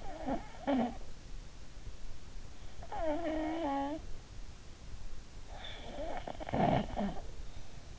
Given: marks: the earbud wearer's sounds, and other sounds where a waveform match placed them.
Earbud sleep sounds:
sounds in sleep by an in-ear microphone; snoring breath
0.00-1.03 s: snoring breath
2.69-4.28 s: snoring breath
5.55-7.31 s: snoring breath

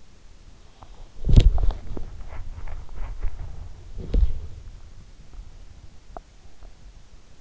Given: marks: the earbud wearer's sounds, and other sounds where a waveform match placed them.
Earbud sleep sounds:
sounds in sleep by an in-ear microphone; body movement
0.66-6.92 s: body movement

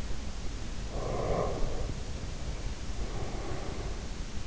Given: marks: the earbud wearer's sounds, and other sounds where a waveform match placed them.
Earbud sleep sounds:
sounds in sleep by an in-ear microphone; breath
0.73-4.19 s: breath

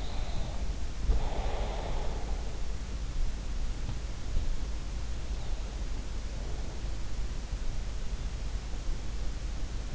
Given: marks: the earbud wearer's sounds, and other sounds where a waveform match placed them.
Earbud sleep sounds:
sounds in sleep by an in-ear microphone; breath
0.00-2.81 s: breath

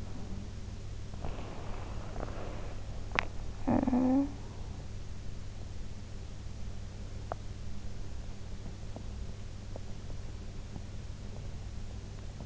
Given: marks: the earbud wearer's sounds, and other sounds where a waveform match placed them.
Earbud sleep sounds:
sounds in sleep by an in-ear microphone; breath, body movement, teeth grinding, talking in sleep
0.00-0.52 s: breath
1.25-2.86 s: body movement
3.10-3.29 s: teeth grinding
3.63-4.31 s: talking in sleep
8.92-12.46 s: teeth grinding

